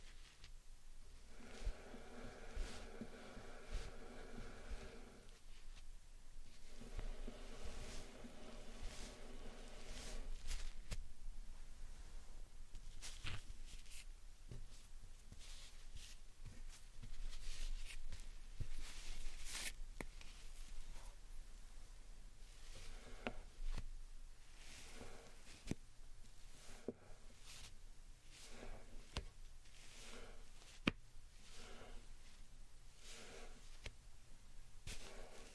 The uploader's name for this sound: Slime Sand Triggers